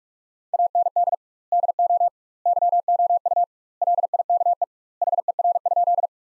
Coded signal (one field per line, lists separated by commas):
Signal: Morse code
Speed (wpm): 46 wpm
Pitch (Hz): 700 Hz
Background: none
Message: AND DO YOU LIKE HER?